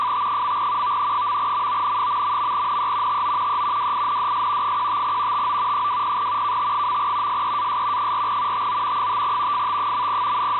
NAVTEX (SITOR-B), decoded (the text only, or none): FT. .MON...NE TO E WINDS 15 TO 20 KT. SEAS 4 TO 5 FT.